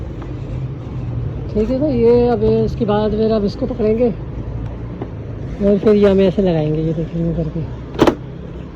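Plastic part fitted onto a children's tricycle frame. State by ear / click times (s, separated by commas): seated / 8.0 s, 8.1 s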